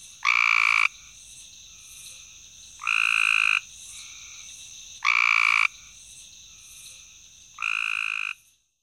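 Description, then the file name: Cope's gray treefrog calling with four short, rasping buzzy trills. "Cope's Grey Treefrog"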